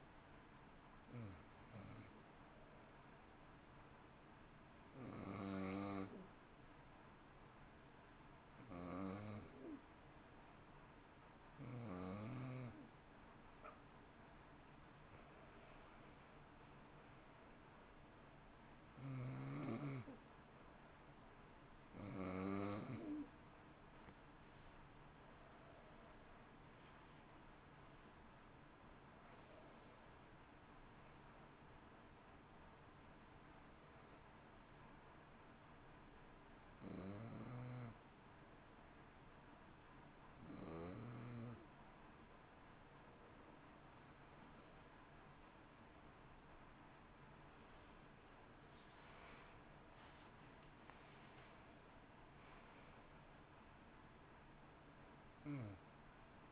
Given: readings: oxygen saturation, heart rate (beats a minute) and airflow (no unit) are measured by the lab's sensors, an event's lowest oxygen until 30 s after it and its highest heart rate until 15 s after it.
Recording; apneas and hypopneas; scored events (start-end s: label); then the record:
breathing in sleep by a voice recorder at the bedside; 1
9.00-39.00 s: new sleep stage, N2 (light sleep)
33.00-47.90 s: hypopnea (N2, oxygen 93% highest, then 91% lowest, heart rate 60 at the start, 67 highest)
39.00-56.52 s: new sleep stage, N1 (lightest sleep)
From the record:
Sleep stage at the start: N1 (lightest sleep); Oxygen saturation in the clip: 88 to 93%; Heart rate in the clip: 55 to 67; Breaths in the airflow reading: 16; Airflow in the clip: -13.5 to 12.8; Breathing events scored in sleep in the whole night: 328 in 6.3 hours asleep